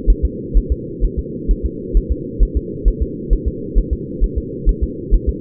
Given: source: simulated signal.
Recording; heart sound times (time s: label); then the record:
fetal heart sounds
0.10 s: S1
0.25 s: S2
0.57 s: S1
0.72 s: S2
1.04 s: S1
1.19 s: S2
1.51 s: S1
1.66 s: S2
1.97 s: S1
2.12 s: S2
2.43 s: S1
2.57 s: S2
2.88 s: S1
3.02 s: S2
3.33 s: S1
3.48 s: S2
3.78 s: S1
3.93 s: S2
4.24 s: S1
4.38 s: S2
4.69 s: S1
4.84 s: S2
5.14 s: S1
5.29 s: S2
From the record:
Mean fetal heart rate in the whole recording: 130 bpm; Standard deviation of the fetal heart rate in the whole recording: 2 bpm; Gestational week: 36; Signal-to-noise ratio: -4.1 dB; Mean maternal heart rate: no maternal heart sound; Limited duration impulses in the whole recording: absent